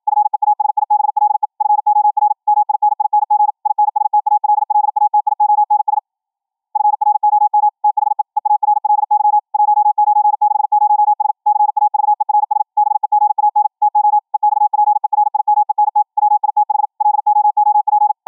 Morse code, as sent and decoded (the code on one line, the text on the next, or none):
..-. . .- ... .. -... .-.. . / ..-. --- .-. / -- .. -. .. -. --. / .. -. ... - .- .-.. .-.. .- - .. --- -. ... / ..-. .-. --- -- / - .... . / . .- .-. .-.. -.-- / .---- ----. -.... ----- ... / -.-. .- ...- . .-. ... / -... . --. .- -. / - --- / . -..- .--. . .-. .. -- . -. - / .-- .. - .... / .-.. --- --- .--.
FEASIBLE FOR MINING INSTALLATIONS FROM THE EARLY 1960S CAVERS BEGAN TO EXPERIMENT WITH LOOP